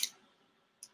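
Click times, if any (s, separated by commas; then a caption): 0.0 s, 0.8 s. The blade slider in a box cutter (utility knife) handle is slid out step by step in its locking mode. Two sharp, bright clicks sound at 0.0 s and 0.8 s, with quiet in between. Each click is a detent as the blade locks into place.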